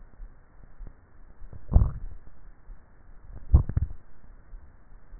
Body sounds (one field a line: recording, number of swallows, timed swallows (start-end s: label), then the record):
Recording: swallowing sounds by neck microphone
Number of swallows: 2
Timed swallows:
1.52-2.22 s: swallow
3.28-3.92 s: swallow
From the record:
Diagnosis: dysphagia